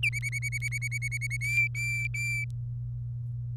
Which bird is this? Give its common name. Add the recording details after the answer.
Domestic Canary. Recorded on 24 April 2018 at 12:45. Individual llb3